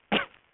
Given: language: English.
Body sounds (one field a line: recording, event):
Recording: throat vibration sensor signal played as sound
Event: cough